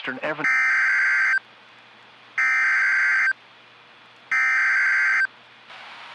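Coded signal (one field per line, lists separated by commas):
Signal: Emergency Alert System (SAME) tones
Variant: header bursts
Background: speech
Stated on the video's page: Flash Flood Emergency captured from the KIG76 weather radio station via a website.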